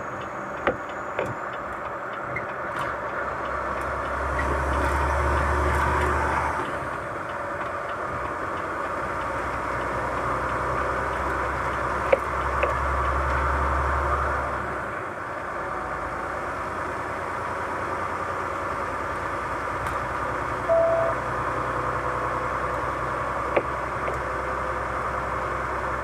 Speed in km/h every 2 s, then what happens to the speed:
43, 43, 49, 51, 52, 56, 60, 63, 65, 67, 69, 71, 71.
3-26 speeds up to 71.